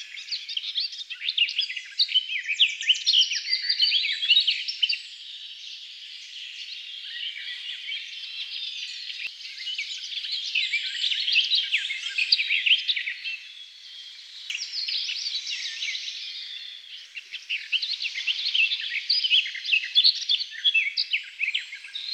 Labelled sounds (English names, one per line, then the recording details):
Garden Warbler song
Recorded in the wild
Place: Telehany, BY
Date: 2005-05-23
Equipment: Minidisc Sony MZ-R35, Telinga DAT, Telinga-Parabolspiegel
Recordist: Schwarz, Dieter